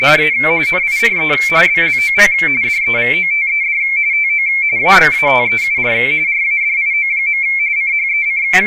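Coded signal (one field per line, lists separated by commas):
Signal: RTTY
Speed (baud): 45.45 baud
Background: speech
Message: A NICE BLOG DEVOTED TO AMATEUR RADIO. CHEC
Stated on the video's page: Radioteletype printed by MMTTY and analyzed by HamScope.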